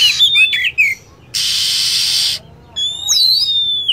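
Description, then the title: Lovebird calls: twittering chirps, a long harsh hissing screech, a pause, then sharp whistles gliding downward. Lure sound used for attracting lovebirds. "PIKAT BURUNG LOVEBIRD"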